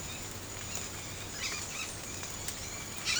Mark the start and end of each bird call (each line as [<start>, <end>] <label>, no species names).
[0.00, 3.19] bird call